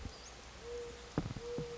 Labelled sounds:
Mourning Dove (Zenaida macroura)
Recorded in Sonoma County, California

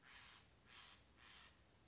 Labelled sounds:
Steller's Jay (Cyanocitta stelleri)
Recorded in Sonoma County, California

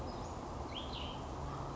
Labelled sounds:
Cassin's Vireo (Vireo cassinii)
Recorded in Sonoma County, California

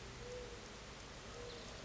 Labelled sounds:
Mourning Dove (Zenaida macroura)
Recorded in Sonoma County, California

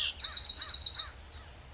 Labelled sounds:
American Crow (Corvus brachyrhynchos)
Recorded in Sonoma County, California

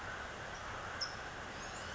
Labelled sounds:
California Towhee (Melozone crissalis)
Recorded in Sonoma County, California

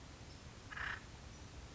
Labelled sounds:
Acorn Woodpecker (Melanerpes formicivorus)
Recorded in Sonoma County, California

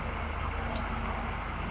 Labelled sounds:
California Towhee (Melozone crissalis)
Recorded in Sonoma County, California

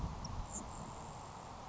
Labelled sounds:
Grasshopper Sparrow (Ammodramus savannarum)
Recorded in Sonoma County, California

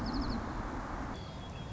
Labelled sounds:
White-crowned Sparrow (Zonotrichia leucophrys)
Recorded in Sonoma County, California

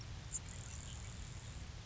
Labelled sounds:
Grasshopper Sparrow (Ammodramus savannarum)
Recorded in Sonoma County, California

